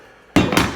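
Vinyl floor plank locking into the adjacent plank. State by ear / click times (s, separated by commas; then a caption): seated / 0.4 s. A vinyl floor plank is tapped with a plank puller so its locking edge snaps into the neighbouring plank, after a quiet lead-in. A sharp click sounds at 0.4 s, followed by more impact sounds around 0.5 and 0.6 s. The plank locks into place and drops down flat.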